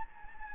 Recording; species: mosquito wingbeat signal from an infrared sensor; Anopheles gambiae